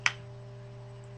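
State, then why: Seated. The plastic hands of a novelty hand-shaped fly swatter are pried apart until a joint clicks and locks in the open position. A single sharp click is heard at 0.1 s, followed by a steady low hum. The hands are seated in place.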